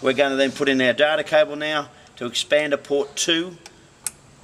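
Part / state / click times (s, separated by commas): data cable plug into hot tub control board port / seated / 4.1 s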